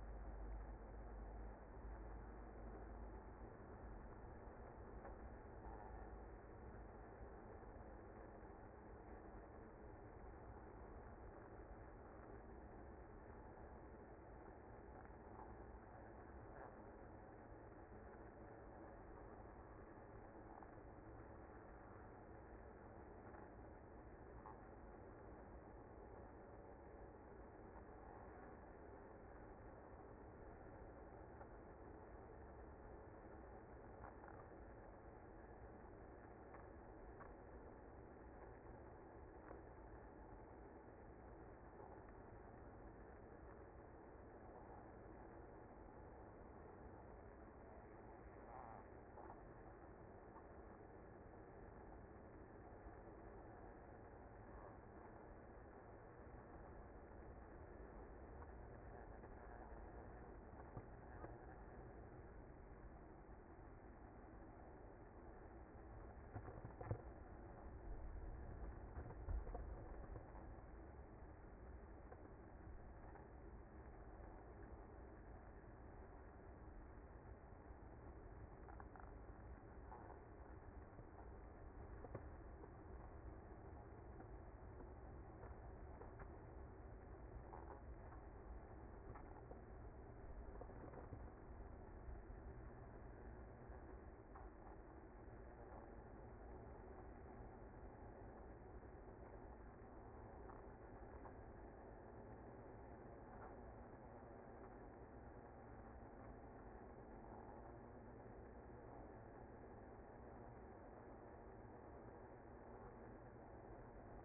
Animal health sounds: honeybee colony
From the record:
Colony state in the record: active

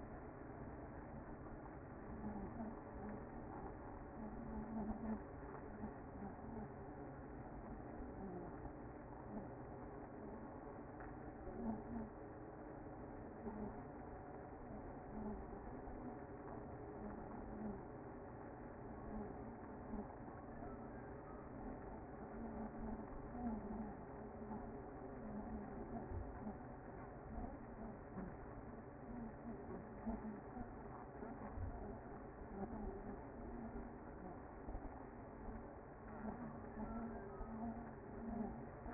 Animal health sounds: honeybee colony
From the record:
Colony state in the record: active

